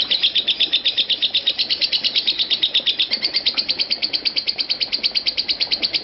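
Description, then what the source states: Lovebird giving an unbroken chain of sharp, high chirps at a quick, steady pace, starting slightly louder. Konslet song style.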